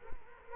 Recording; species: mosquito wingbeat signal from an infrared sensor; Culex quinquefasciatus